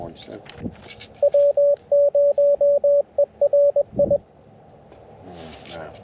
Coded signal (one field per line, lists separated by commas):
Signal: Morse code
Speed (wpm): 22 wpm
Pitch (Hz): 560 Hz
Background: speech, radio noise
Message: W0ERI